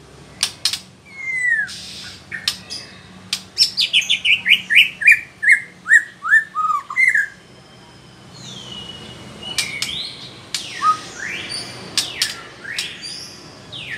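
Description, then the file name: White-rumped shama song: a run of clear notes stepping downward in pitch, each a short falling whistle, followed by softer broad sweeps and sharp clicks. Female bird. "murai batu betina"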